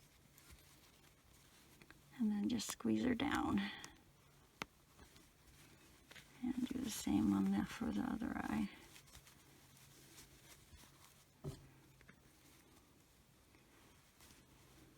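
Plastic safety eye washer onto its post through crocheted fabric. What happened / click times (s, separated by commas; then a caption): Handled, not yet home: plastic eye washer not yet pressed onto its post / none. A plastic safety eye washer is being handled for the second eye of a crocheted amigurumi goat, to be squeezed down onto the safety eye's ridged post through the yarn fabric. Someone talks, and a few faint taps and one sharp tick near 4.6 seconds sound in a quiet space. Nothing has seated or clicked yet.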